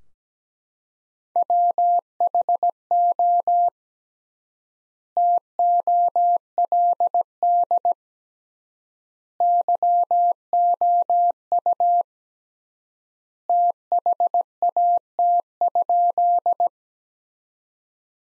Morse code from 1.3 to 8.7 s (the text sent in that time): WHO TOLD